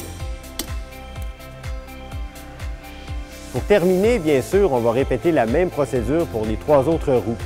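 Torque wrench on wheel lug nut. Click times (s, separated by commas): 0.6 s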